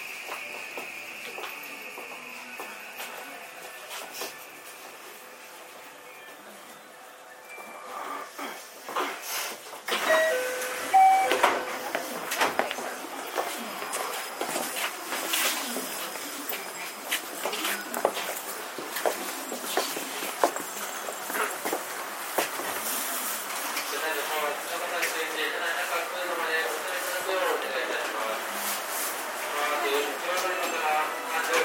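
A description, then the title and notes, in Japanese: A JR 323 series train. The first eight seconds are quiet and steady, with a thin, high whine. From about ten seconds on, loud clattering knocks and rattles take over, growing into a dense, continuous racket that stays fairly loud to the end. JR323系 桃谷→桃谷。朝早くに乗車して録音しましたが、そこそこ乗客がおり、少し声が聞こえます。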